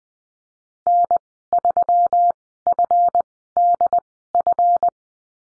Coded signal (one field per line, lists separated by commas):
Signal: Morse code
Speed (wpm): 20 wpm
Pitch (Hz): 700 Hz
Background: none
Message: N3FDF